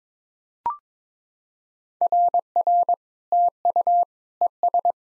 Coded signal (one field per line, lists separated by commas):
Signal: Morse code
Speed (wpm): 20 wpm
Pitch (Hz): 700 Hz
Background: none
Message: RR TU ES